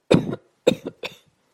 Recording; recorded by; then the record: voluntary cough; messaging app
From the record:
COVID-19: negative